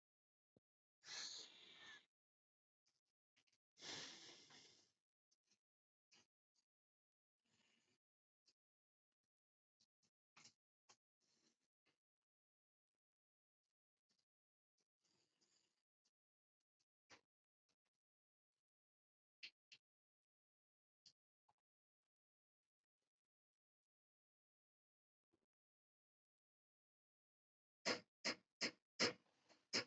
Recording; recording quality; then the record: deep breathing; moderate, slight background noise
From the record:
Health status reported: healthy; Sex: male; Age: 24 years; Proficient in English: yes